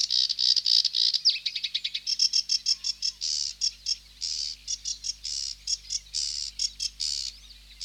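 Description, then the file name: Sedge warbler singing a hurried, varied chatter of harsh buzzy phrases and quick ticking notes, some phrases stretched into grating rattles. "Sedge Warbler (Acrocephalus schoenobaenus)"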